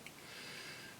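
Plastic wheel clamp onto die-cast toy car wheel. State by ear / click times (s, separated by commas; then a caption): not seated / none. Someone tries to clip a detached plastic wheel clamp back onto the wheel of a die-cast toy car, but it fails to clip on. A faint sharp tick is heard at 0.1 s, followed by a steady, breathy hiss for the rest of the second. Nothing has clicked into place yet.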